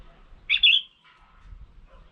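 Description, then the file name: Red-whiskered bulbul call: a brief bright warbled phrase of rapid chirping notes over low background noise. Female bird. "Tieng chao mao mai"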